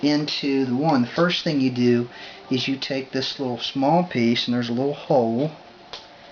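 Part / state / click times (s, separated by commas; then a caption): small plastic piece into toy walker foot / seated / 5.9 s. A small plastic piece is pressed into a little hole in the foot of a Hasbro toy walker while someone talks. A short, sharp click sounds at 5.9 seconds as the piece snaps into place.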